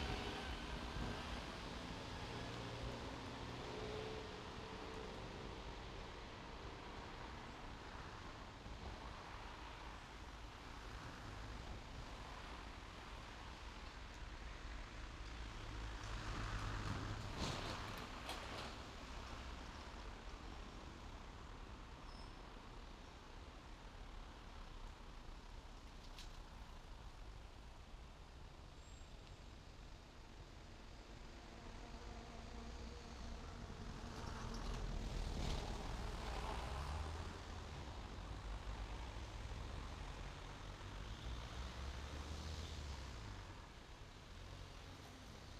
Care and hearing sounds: everyday scene through a hearing-aid microphone; in traffic; traffic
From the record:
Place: main road on the outskirts, rush hour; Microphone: in the ear canal, left

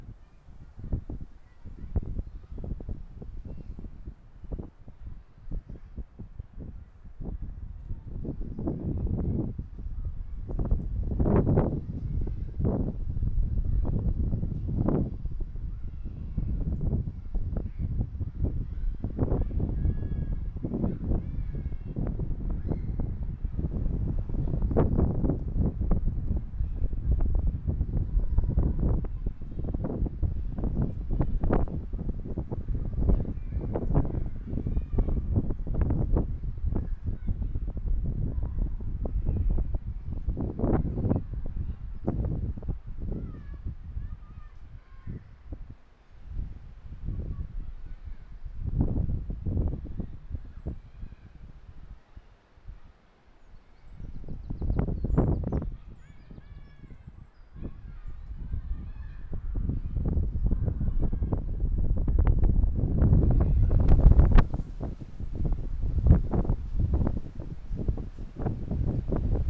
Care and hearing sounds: everyday scene through a hearing-aid microphone; wind on the microphone; squally wind, voices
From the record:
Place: parking lot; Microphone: behind the ear, left, front

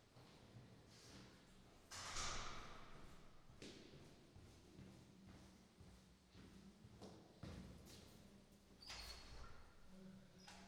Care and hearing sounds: everyday scene through a hearing-aid microphone; reverberant space; speech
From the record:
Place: staircase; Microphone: in the ear canal, right

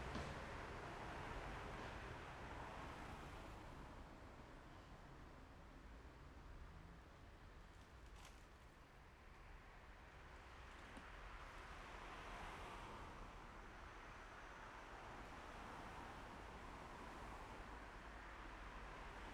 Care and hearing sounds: everyday scene through a hearing-aid microphone; in traffic; traffic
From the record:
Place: main road on the outskirts, rush hour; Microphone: behind the ear, left, rear

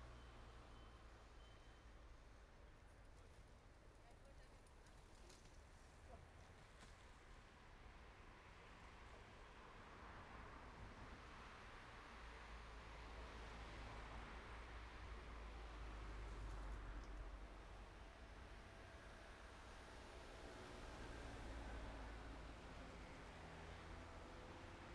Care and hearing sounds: everyday scene through a hearing-aid microphone; in traffic; traffic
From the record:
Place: main road on the outskirts, rush hour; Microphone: behind the ear, right, rear

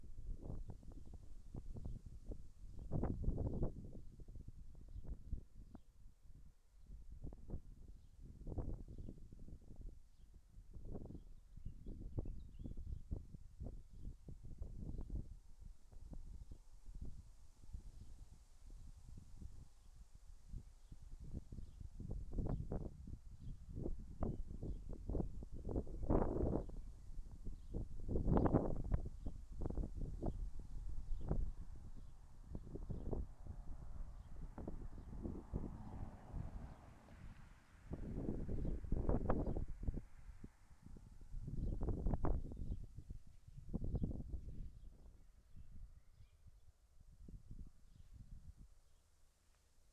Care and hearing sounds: everyday scene through a hearing-aid microphone; wind on the microphone; wind, vehicle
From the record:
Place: in front of a rural house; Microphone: behind the ear, right, front

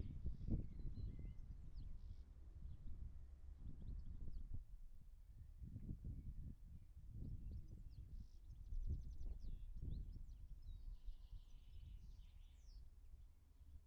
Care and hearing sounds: everyday scene through a hearing-aid microphone; wind on the microphone; wind, birds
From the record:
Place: in front of a rural house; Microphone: behind the ear, right, rear

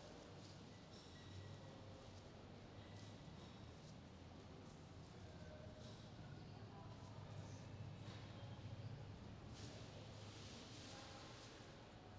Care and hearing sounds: everyday scene through a hearing-aid microphone; reverberant space; background noise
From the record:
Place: railway station hall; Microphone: in the ear canal, left

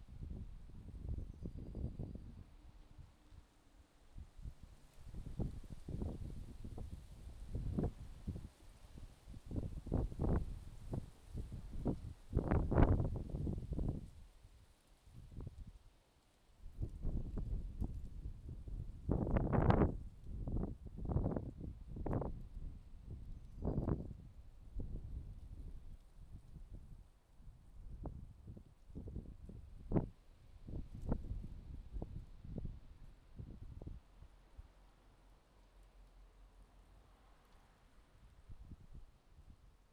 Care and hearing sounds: everyday scene through a hearing-aid microphone; wind on the microphone; wind, traffic, birds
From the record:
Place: suburban garden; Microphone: in the ear canal, left

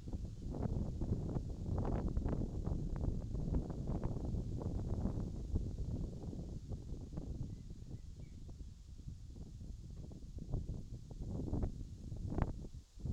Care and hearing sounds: everyday scene through a hearing-aid microphone; wind on the microphone; wind, birds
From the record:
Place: in front of a rural house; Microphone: in the ear canal, left

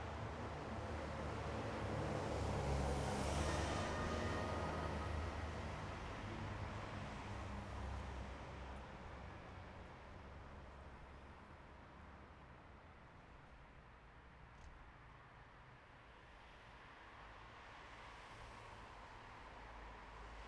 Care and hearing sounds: everyday scene through a hearing-aid microphone; in traffic; traffic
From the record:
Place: bus stop on a city main road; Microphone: behind the ear, right, front

